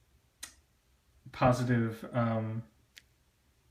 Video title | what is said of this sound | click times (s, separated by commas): Layout Update 1 4/25/15 | So you'll hear that snap, and it'll snap into place, give you nice positive | 0.4 s